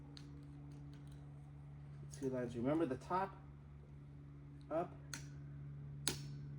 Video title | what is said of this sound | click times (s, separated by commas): How to assemble wire shelving racks. Best racks, 1000lbs!!!! | side it in Click make sure it clicks | 6.1 s